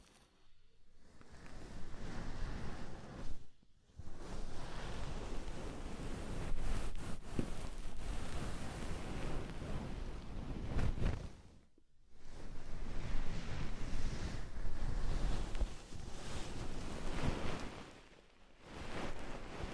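An ASMR ear massage with oil and foam: dense, rushing rubbing and fizzy crackle that sounds almost like surf or wind. It runs in long sweeping stretches, fullest in the lows, broken by short pauses near 4, 12 and 19 seconds.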